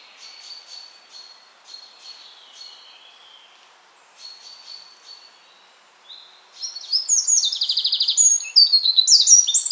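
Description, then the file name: Eurasian wren bursting into loud rapid song with a rattling trill, cut off at the end, after several seconds of soft, high, thin notes. "Troglodytes troglodytes"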